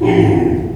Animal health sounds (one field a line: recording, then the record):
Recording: squeal of a Yucatan mini pig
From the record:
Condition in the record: before surgery on the right vocal fold (resection and tissue-engineered implant)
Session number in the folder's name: 2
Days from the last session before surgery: -15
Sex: female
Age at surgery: 19 weeks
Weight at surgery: 25 kg